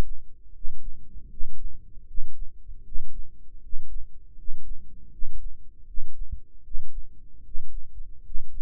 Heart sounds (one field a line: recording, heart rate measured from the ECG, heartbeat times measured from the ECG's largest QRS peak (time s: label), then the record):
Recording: heart sounds by microphone in the right ear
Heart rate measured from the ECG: 78 bpm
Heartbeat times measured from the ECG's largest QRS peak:
0.51 s: heartbeat
1.28 s: heartbeat
2.05 s: heartbeat
2.83 s: heartbeat
3.60 s: heartbeat
4.35 s: heartbeat
5.09 s: heartbeat
5.85 s: heartbeat
6.62 s: heartbeat
7.42 s: heartbeat
8.21 s: heartbeat
From the record:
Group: healthy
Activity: rest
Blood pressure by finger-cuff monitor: 102/70 mmHg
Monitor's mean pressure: 77 mmHg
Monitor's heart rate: 77 bpm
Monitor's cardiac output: 6.1 L/min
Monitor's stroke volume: 78 mL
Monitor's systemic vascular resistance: 880 dyn s/cm5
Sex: male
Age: 35 years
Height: 180 cm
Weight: 86.9 kg